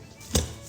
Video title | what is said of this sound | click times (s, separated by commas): How to Assemble Your Tree for the Jubilee of Trees | Make sure it clicks into place. | 0.3 s